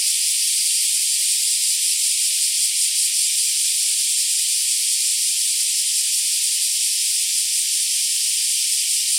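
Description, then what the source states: Black cicadas droning in an unbroken, hissing high buzz that holds an even loudness from start to end, with nothing else clearly heard. More than one black cicada.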